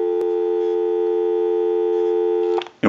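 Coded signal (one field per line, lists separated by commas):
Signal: telephone call progress tone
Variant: North America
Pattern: dial tone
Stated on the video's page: Call progress tone from a Western Electric 2500 desk telephone during initial checkout and repair.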